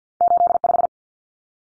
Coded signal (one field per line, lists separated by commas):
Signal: Morse code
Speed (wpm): 50 wpm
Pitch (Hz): 700 Hz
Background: none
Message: 85